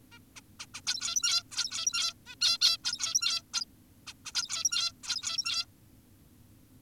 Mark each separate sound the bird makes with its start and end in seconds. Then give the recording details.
0.12-0.19, 0.36-0.41, 0.60-0.66, 0.74-0.81, 0.87-1.43, 1.52-2.14, 2.26-2.35, 2.41-2.58, 2.62-2.78, 2.84-3.42, 3.54-3.65, 4.07-4.14, 4.26-4.32, 4.35-4.92, 5.04-5.66. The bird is an adult. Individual g17y2U